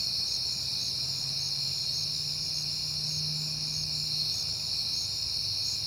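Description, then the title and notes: Crickets keep up a constant high trilling chorus while a low engine hum swells and fades as a car passes. Night recording made in September on a peaceful night; crickets heard often that month; passing cars also present. "Night Time: Crickets and Passing Cars. It is September and I have been hearing the crickets a lot, but finally had a peaceful night to make the recording"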